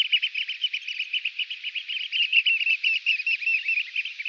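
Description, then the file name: Eurasian oystercatcher: a continuous, rapid, shrill trilling of run-together notes throughout. "scholekster"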